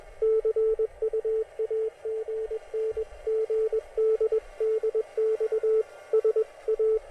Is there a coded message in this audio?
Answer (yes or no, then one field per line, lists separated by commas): yes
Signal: Morse code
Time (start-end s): 0.2-7.0 s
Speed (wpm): 21 wpm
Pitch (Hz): 440 Hz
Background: radio noise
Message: CU AGN GD DX S A